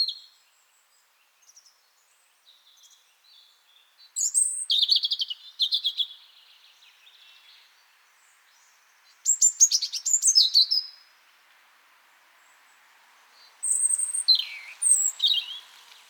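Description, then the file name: European robin, bursts of high, thin, warbled notes and sliding whistles recurring every few seconds, with quiet pauses and faint background hiss between. "Erithacus rubecula"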